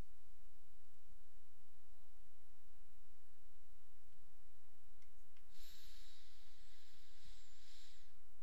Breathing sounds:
nose breathing near a microphone
5.37-8.43 s: inhalation
From the record:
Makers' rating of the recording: medium

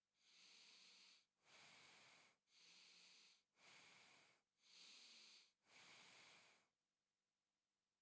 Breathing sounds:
nose breathing near a microphone
0.06-1.26 s: inhalation
1.26-2.36 s: exhalation
2.36-3.41 s: inhalation
3.41-4.46 s: exhalation
4.46-5.56 s: inhalation
5.56-6.71 s: exhalation
From the record:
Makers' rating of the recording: medium

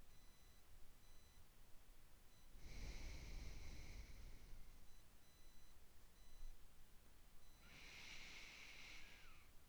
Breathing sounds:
nose breathing near a microphone
2.69-5.10 s: exhalation
7.56-9.69 s: inhalation
From the record:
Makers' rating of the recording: medium

